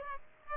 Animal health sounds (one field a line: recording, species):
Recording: mosquito wingbeat signal from an infrared sensor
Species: Aedes aegypti